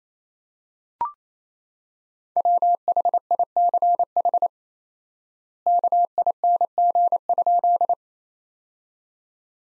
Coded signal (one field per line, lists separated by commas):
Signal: Morse code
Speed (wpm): 27 wpm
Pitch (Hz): 700 Hz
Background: none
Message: WHICH KING?